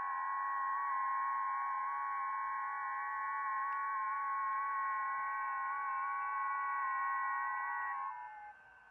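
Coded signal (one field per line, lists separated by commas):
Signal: FT8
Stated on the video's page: 5 W QRP QDX digital transceiver working weak DX FT8 signals on 20, 40 and 60 m.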